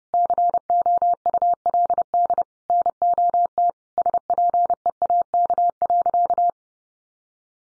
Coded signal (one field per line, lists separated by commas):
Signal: Morse code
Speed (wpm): 28 wpm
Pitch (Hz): 700 Hz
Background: none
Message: COULD NOT SPEAK.